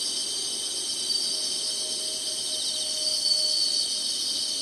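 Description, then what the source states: Insects singing in an unbroken high-pitched buzzing chorus, with a faint low whistled tone drifting in the background midway. Singing insects in summer.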